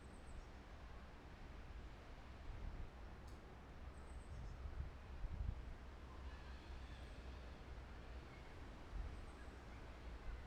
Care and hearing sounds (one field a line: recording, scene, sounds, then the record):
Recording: everyday scene through a hearing-aid microphone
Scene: wind on the microphone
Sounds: gentle breeze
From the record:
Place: parking lot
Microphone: behind the ear, left, front